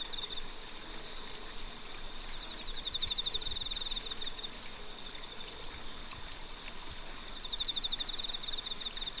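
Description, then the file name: Pine cricket chirping in quick clipped notes over an even ticking trill, joined by recurring sizzling high-pitched insect bursts. "Matsumushi"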